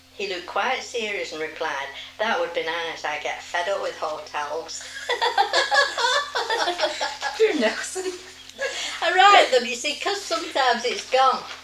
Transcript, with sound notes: He looked quite serious and replied, 'That would be nice. I get fed up with hotels'." [general laughter]
I wrote them, you see, 'cause sometimes it's gone.